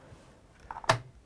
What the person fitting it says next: I heard a click so this has locked in place and I can carry the entire scooter without it unfolding